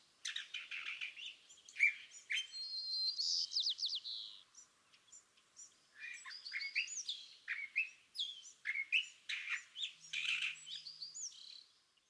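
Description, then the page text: California thrasher song: a varied run of whistled, slurred and harsh phrases, with brief pauses between bursts. Song at dawn, excerpted from a longer dawn session on day 1, repeating a theme of notes the thrasher chose that morning; March 9, 2017, Montaña de Oro State Park, Los Osos, California. "Birdsong for the Curious Naturalist. California thrasher. Song, excerpted from a longer dawn session on day 1. listen for the repeated theme of notes that the thrasher has chosen to use this morning. March 9, 2017. Montaña de Oro State Park, Los Osos, California"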